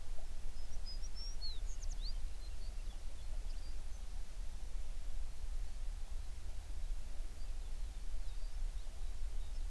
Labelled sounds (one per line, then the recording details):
songbird
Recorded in the Prudhoe Bay oil fields, Alaska, on 11 June 2019 at 04:30
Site 21